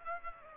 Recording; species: mosquito wingbeat signal from an infrared sensor; Aedes aegypti